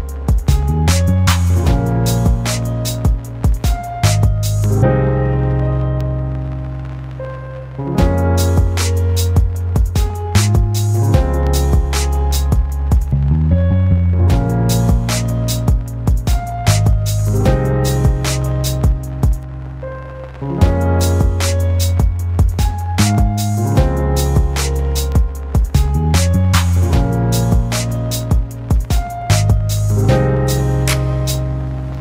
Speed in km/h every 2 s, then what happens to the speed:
99, 101, 102, 103, 101, 102, 103, 103, 103, 103, 104, 105, 106, 107, 109, 110.
0-32 speeds up to 110.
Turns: none.